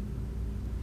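A pressure canner dial gauge is being handled at the quick-connect fitting on the tall pipe at the back of a gauge tester, where it gets pushed on until it clicks. Only a steady low rumble is heard. Nothing has seated or clicked yet.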